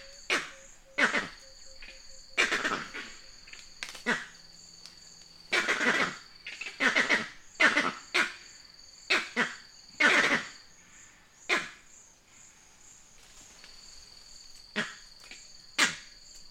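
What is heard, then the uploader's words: Vervet monkeys give a series of short, sharp barking calls, some single and some in quick clusters, spaced irregularly across the whole stretch. The calls are loud, with a faint steady high whine and soft hush between them. Vervet monkey sounds.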